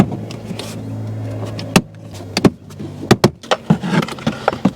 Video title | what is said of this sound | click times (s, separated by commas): 2014 - 2019 Toyota Highlander Hybrid How to Jumpstart How to Replace the 12 Volt Battery - EASY DIY! | And then we should be able just to push that in until it snaps in place. | 1.8 s, 3.1 s, 3.2 s